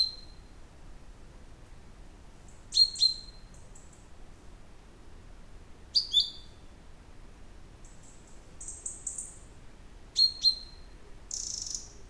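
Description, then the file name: Common chaffinch calls: crisp high notes with falling tails in pairs roughly every three to four seconds, a few softer high chirps between, quiet background. "Fringilla coelebs"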